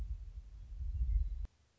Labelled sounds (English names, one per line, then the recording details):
Western Meadowlark
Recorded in Sonoma County, California